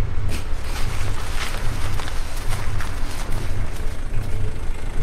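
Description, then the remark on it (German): A car engine rumbles low and steady for several seconds, with scattered crunching ticks over the hum as the car rolls in and stops in front of a building at a castle near Canterbury, surrounded by forest. No one speaks. “Da kommt noch ein Wagen.”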